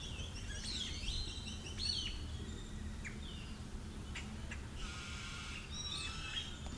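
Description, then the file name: Birds chirping and calling with short high twittering notes and sweeping whistles over a steady low background hum of ambient noise. Recorded at La Cruz plaza amid ambient sound. "Birds and Ambiance at La Cruz plaza"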